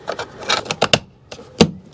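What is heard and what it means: A small plastic trim piece is pressed into the door panel behind the door handle of a 2013–2018 Toyota RAV4, with soft handling noises and lighter taps leading up to the snaps. Loud clip snaps ring out at 0.9 s and 1.6 s, and the piece is seated.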